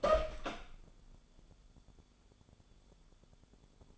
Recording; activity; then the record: daily activity, microphone in the room; open door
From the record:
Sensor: 5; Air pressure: 1015.3 hPa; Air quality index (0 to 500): 202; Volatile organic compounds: 9 ppm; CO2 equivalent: 2193 ppm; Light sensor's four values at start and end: 36/81/33/31 and 36/81/33/31